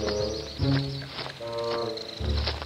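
Birds chirping and calling in a steady, overlapping chorus, with a few lower, throaty bursts rising out of the mix at moments. No one speaks.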